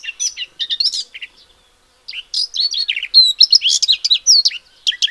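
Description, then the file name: Eurasian blackcap song in two bursts of bright, chattering warbled notes, split by a silent gap of about half a second. "Sylvia atricapilla"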